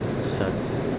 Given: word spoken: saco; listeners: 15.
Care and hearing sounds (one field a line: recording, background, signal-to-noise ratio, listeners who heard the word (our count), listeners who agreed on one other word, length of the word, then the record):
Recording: one Spanish word in noise, from a listening test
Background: speech-shaped noise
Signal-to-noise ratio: -5.8 dB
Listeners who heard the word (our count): 1 of 15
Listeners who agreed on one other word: 8 of 15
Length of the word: 0.59 s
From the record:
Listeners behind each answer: 8, 2, 1, 1, 1, 1, 1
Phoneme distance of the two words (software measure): 17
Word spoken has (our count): 2 syllables, 4 phonemes, stress on syllable 1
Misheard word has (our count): 2 syllables, 5 phonemes, stress on syllable 1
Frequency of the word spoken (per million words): 17.44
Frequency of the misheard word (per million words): 30.14